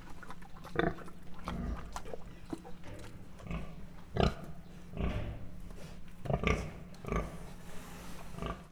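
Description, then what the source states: Mangalica pig giving several low grunts at irregular intervals. Mangalica pig, standard type, at a zoo in Miskolc, 2009, grunting, recorded close-up.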